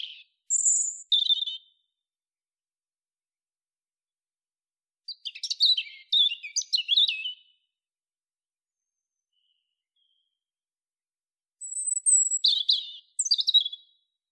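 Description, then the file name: European robin delivering three high, jumbled phrases of thin whistles and fast notes, separated by quiet gaps. "Erithacus rubecula"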